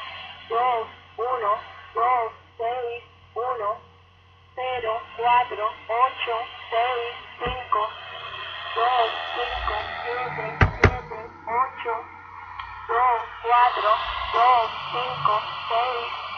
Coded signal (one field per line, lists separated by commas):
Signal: numbers station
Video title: Numbers Station Dec 15 2014